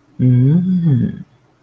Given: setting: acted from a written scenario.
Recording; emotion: vocal sound without words; interest